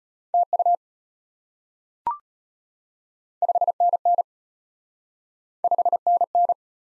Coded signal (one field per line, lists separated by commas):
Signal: Morse code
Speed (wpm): 33 wpm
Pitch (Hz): 700 Hz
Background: none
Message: TU 5NN 5NN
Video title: Top 20 QSO Elements - Speed-Racing - 25wpm